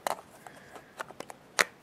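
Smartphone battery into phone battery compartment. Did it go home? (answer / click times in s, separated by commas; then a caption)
yes / 1.6 s. A 1750 mAh battery is slid into the battery compartment of a Galaxy Nexus GSM non-LTE smartphone, with a few faint taps and scrapes before it. It seats with a sharp, bright click at 1.6 s.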